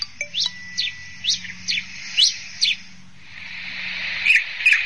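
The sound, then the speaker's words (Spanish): A cacholote bird calls with a series of about seven sharp, high, sweeping notes in a quick uneven rhythm, followed by a buzzy, raspy trill with a few brighter accents. “Estamos escuchando un cachalote.”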